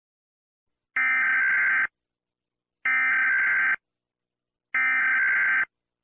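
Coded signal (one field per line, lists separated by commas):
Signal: Emergency Alert System (SAME) tones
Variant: header bursts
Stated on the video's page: Fictional EAS scenario.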